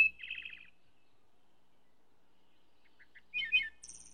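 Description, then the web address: Wood thrush song: a fluting warbled phrase, a pause, soft notes, then a rich phrase ending in a high thin trill. "bird wood trush song"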